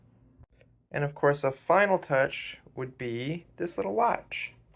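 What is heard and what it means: A small plastic toy brick accessory, a little watch, is handled as a final touch before being pressed onto a brick build while someone talks. The piece has not seated or clicked into place yet.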